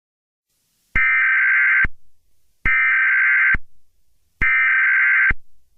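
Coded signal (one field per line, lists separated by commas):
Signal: Emergency Alert System (SAME) tones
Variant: header bursts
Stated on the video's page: Fictional EAS scenario.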